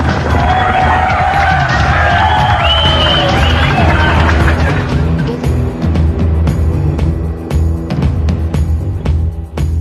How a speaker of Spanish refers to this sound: Y... mira la gente como aplaude porque se jugaron, mira.